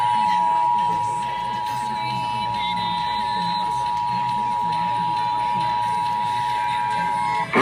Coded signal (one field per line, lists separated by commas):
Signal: Emergency Alert System (SAME) tones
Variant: 853 and 960 Hz attention tone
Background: speech, music